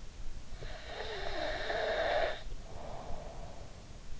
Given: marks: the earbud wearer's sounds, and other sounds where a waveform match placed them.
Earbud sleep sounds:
sounds in sleep by an in-ear microphone; breath
0.54-3.74 s: breath

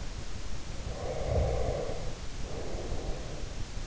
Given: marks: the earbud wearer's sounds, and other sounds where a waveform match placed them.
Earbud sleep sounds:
sounds in sleep by an in-ear microphone; breath
0.58-3.59 s: breath

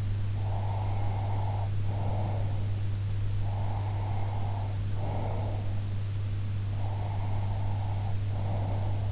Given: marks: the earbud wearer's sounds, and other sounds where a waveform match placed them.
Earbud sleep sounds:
sounds in sleep by an in-ear microphone; breath
0.40-2.63 s: breath
3.32-5.81 s: breath
6.78-9.12 s: breath

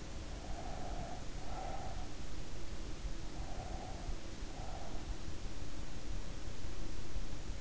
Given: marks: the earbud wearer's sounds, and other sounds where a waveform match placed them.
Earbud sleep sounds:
sounds in sleep by an in-ear microphone; breath
0.53-2.07 s: breath
3.41-4.98 s: breath

